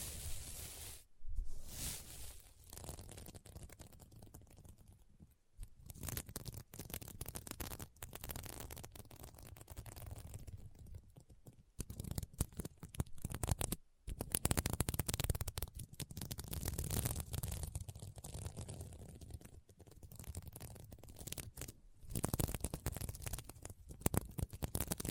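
Scratching on a sequin mermaid pillow: dense, rough rasping strokes that run almost continuously, with a gritty, bright edge and a low rumble underneath. Brief pauses break the scratching near 1, 5, 14 and 22 seconds, and the strokes vary in strength throughout.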